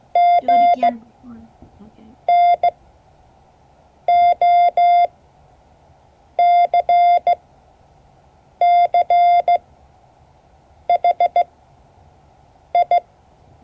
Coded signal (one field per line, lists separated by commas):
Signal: Morse code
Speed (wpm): 16 wpm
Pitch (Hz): 690 Hz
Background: none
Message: G N O C C H I